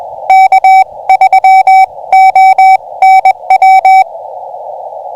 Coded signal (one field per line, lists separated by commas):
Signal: Morse code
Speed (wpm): 20 wpm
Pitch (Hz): 760 Hz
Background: none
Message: K3ONW